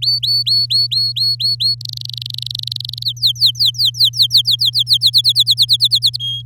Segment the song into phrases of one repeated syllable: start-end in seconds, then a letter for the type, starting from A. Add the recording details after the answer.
0.02-1.75 A, 1.81-3.03 B, 3.04-4.97 C, 5.01-6.16 D, 6.19-6.42 E. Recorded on 7 May 2018 at 06:02. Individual llb16